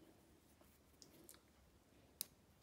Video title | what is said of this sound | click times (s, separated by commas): How To Thread Empisal Creations Sewing Machine - DOMESTIC Sewing Machine | you hear that click sound I hope you heard it let me do it once again ok | 2.2 s